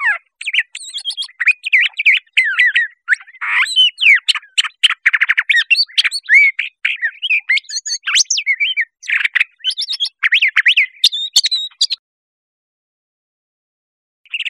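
Curve-billed thrasher song: a fast, varied run of chirps, slurred whistles and scratchy notes for about twelve seconds, then a brief silence and a final note.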